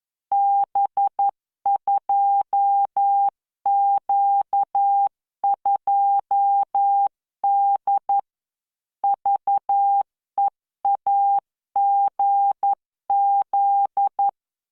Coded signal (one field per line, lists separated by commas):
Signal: Morse code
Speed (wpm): 11 wpm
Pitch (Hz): 800 Hz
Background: none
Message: B2Q2D VEAGZ